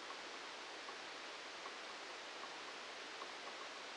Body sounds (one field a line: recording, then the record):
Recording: brain microelectrode recording played as sound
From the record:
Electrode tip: outside the subthalamic nucleus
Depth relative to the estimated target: -8 mm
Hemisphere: left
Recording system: NeuroSet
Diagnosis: Parkinson's disease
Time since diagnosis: 10 years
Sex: male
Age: 56 years